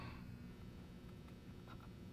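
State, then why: Not seated. Small apex seal springs are handled and started by hand on a rotary engine rotor, about to be pushed down into the apex seal groove. Only faint low rumble and light handling noises are heard. Nothing has seated or clicked yet.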